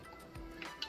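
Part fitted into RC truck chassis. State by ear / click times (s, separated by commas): not seated / none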